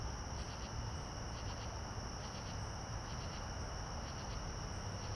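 Cricket chirping in short pulsed bursts every second or so over a steady high continuous trill, with a low rumbling background hum throughout.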